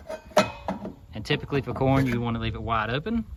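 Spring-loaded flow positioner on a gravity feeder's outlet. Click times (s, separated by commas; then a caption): 0.7 s, 0.9 s. The spring-loaded feed-flow positioner on the outlet of a 1500 lb Tar River gravity deer feeder is pushed in until it clicks into position. Two sharp clicks sound at 0.7 s and 0.9 s, and then someone talks. The positioner is seated.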